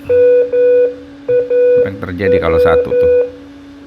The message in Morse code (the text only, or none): MAW